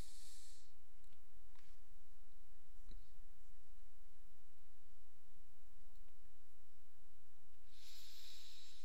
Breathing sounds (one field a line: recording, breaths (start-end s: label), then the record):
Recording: nose breathing near a microphone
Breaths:
0.00-0.99 s: exhalation
7.54-8.85 s: inhalation
From the record:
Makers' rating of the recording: medium